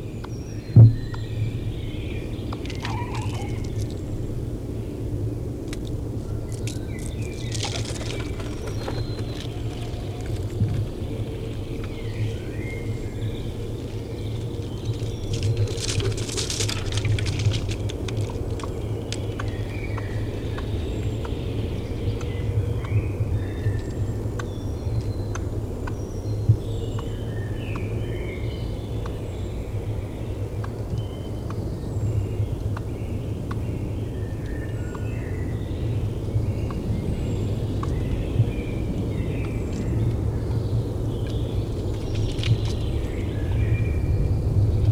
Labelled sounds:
Eurasian Red Squirrel (Sciurus vulgaris) call
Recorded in the wild
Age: adult
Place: Summt, am Buchenberg, Brandenburg, DE
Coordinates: 52.695, 13.3594
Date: 1976-05-08 18:37
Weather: windy
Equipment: Uher CR 210, Sennheiser MD 421 HL, Reflektor, Verstärker, Kopie Uher 4200
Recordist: Tembrock, Günter

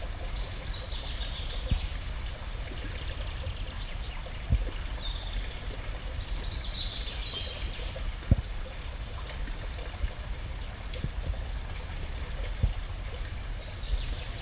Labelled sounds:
Common Firecrest (Regulus ignicapilla)
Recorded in the wild
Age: adult
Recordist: Brunner, Thomas
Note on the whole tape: Aufnahme: keine Orts- und Zeitangaben

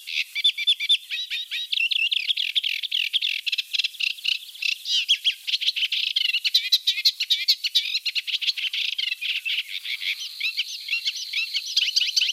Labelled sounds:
Eurasian Reed Warbler (Acrocephalus scirpaceus) song
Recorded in the wild
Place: NSG Kittlitzer Hofsee, Schleswig-Holstein, DE
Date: 1986-05-15
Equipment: Uher Report Monitor
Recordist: Schwarz, Dieter

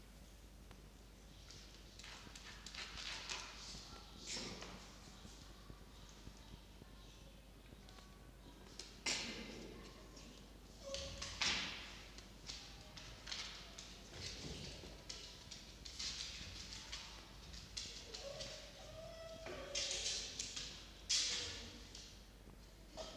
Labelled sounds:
Red Fox (Vulpes vulpes)
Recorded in captivity
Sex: diverse
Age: diverse
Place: Zoologisches Institut der HUB, Berlin, DE
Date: 1953-07-31 18:55
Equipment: Elmetra
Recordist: Tembrock, Günter
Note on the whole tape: Molly (auf 5, sich vor Jupp wälzend): Winsellaute; Jupp: Muffen mit Fleisch

